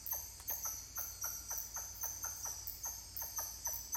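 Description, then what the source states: Titi monkey calls: rhythmic series of short descending notes, about three or four per second, over a steady high insect hum. More than one titi monkey calling.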